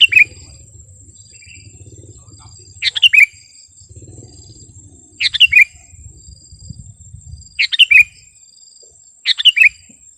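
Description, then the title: Sooty-headed bulbul repeating quick bubbly phrases several times, a few seconds apart, over a steady high whine and faint low rumble. "kutilang"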